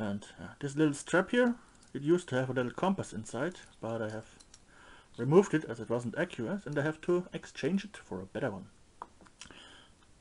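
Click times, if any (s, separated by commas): 9.0 s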